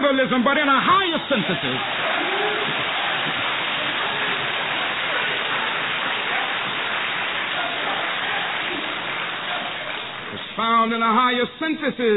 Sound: applause